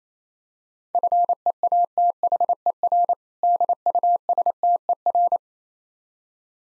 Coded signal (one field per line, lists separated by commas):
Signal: Morse code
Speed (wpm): 28 wpm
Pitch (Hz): 700 Hz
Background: none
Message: FEATHER DUSTER